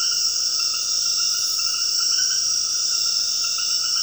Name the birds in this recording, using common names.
none